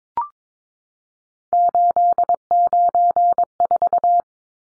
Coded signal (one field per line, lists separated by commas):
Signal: Morse code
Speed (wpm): 22 wpm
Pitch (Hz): 700 Hz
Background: none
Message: 894